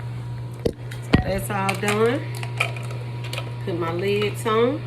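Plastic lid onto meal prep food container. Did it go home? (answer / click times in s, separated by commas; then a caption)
no / none. A plastic lid is being handled onto a meal prep food container while someone talks, with a steady low hum and a few brief sharp taps around 0.7, 2.6 and 3.3 seconds. The lids are only handled in this clip, and nothing has seated or clicked yet.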